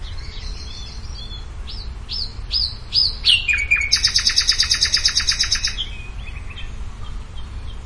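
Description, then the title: Songbird singing a varied sequence of high swooping whistles and chirps, then a rapid buzzy trill lasting about two seconds, followed by softer twittering notes. "LuckyPassaro Completos2Sama"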